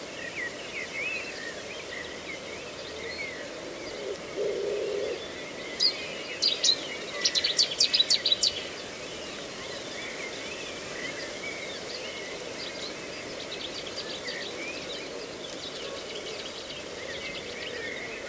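A reedbed at Slapton Ley, Devon, gives off a steady, dense hiss of wind through the reeds. Around six to nine seconds a bird sounds a run of sharp, bright chirps, and softer scattered calls continue faintly through the rest.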